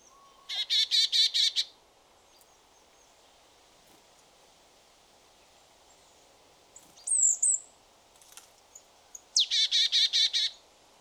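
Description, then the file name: Marsh tit calls: two bursts of rapid, high repeated notes, each about a second long, separated by a quiet gap with a brief thin high call in between. "Poecile palustris"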